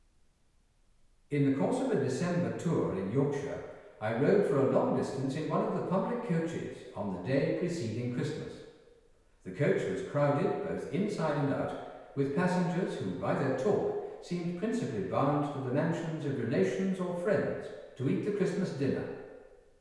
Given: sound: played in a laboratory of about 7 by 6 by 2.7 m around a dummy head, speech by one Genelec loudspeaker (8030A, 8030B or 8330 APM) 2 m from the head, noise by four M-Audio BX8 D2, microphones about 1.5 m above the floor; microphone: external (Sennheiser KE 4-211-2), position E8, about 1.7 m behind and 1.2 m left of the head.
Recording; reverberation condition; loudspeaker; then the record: male speech in English; high; 60 degrees to the right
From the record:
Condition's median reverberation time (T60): about 1300 ms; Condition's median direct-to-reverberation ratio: about -4.0 dB